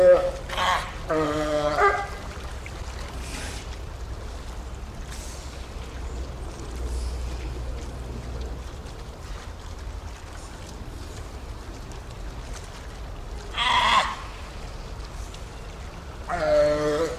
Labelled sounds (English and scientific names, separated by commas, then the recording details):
California Sea Lion (Zalophus californianus) call
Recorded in captivity
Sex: diverse
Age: diverse
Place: Zoo Osnabrück, Niedersachsen, DE
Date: 1991-09-09 12:36
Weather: overcast, 13°C
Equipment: Marantz CP 430, Kopie Tesla B 116
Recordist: Tembrock, Günter